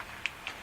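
The tabs at the front of a laptop drive caddy for a 9.5/9.0 mm slim optical drive are pushed in and snap into place. Two short, sharp ticking clicks are heard at 0.3 s and 0.5 s over a quiet background. The tabs are seated in the caddy.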